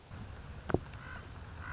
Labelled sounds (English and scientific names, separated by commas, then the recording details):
Common Raven (Corvus corax)
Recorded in Sonoma County, California